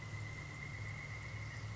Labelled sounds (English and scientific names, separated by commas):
Pileated Woodpecker (Dryocopus pileatus)